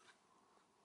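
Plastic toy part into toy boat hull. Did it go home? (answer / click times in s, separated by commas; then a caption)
no / none. A plastic part of a Playmobil toy boat is handled and pressed toward its place in the toy boat hull, giving only a faint, steady rustle of handling noise. Nothing has seated or clicked yet.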